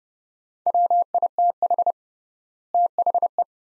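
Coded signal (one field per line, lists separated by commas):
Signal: Morse code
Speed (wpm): 29 wpm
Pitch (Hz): 700 Hz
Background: none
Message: WITH THE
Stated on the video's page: Morse practice, sets of two words at 30 wpm with 3x word spacing, a word-based analogue of Farnsworth spacing, for head-copy training.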